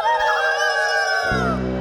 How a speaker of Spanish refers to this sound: Escuchen esos indios, tienen ganas de atacar. Escuchen cómo gritan.